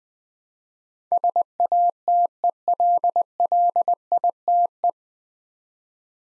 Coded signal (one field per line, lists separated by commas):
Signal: Morse code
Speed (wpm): 20 wpm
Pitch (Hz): 700 Hz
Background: none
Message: SATELLITE